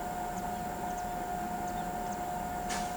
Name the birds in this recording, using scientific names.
none